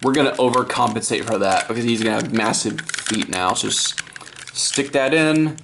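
An oversized plastic foot add-on piece is pushed onto the leg of a 2001 Transformers: Robots in Disguise Optimus Prime transforming robot toy. Someone talks almost throughout, over light plastic handling sounds. The foot has not seated or clicked into place yet.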